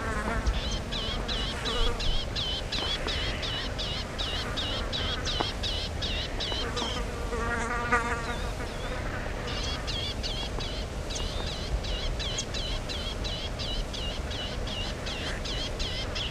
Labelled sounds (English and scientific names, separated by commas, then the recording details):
Palestine Sunbird (Cinnyris osea) call
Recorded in the wild
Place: IL
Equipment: Halbspur, 9,5 cm/s
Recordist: Lütgens, Hans
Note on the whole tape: Ein Trupp